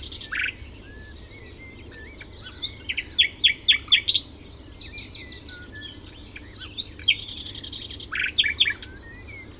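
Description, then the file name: Common nightingale song: rapid repeated sharp notes and a loud buzzy phrase. "Luscinia megarhynchos"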